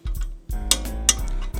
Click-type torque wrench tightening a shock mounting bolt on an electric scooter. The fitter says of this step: should hear a click sound once it's actually uh to 80 lb